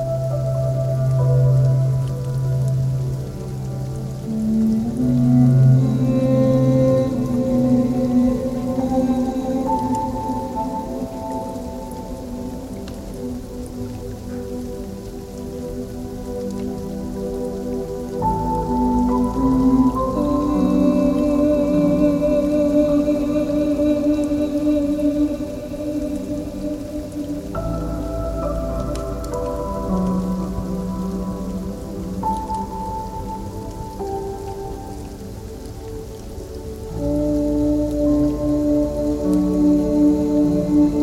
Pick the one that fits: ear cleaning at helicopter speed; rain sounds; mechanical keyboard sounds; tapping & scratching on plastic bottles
rain sounds